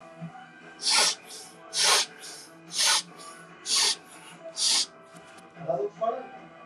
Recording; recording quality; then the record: shallow breathing; excellent, no background noise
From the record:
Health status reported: exposed to COVID-19, no respiratory illness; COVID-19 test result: not tested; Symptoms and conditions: cough, sore throat, muscle pain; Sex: male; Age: 24 years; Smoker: not ticked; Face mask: not worn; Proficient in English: yes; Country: India